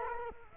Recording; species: mosquito wingbeat signal from an infrared sensor; Culex quinquefasciatus